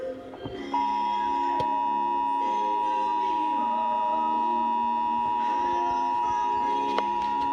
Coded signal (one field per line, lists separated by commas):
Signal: Emergency Alert System (SAME) tones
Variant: 853 and 960 Hz attention tone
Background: music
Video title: EAS #90 Child Abduction Emergency